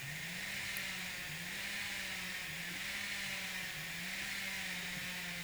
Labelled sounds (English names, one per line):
none